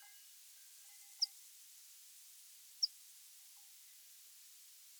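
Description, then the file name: Meadow Pipit calls: two short, sharp, high 'seep' notes about one and a half seconds apart, otherwise only quiet background hiss. "Anthus pratensis - Meadow Pipit"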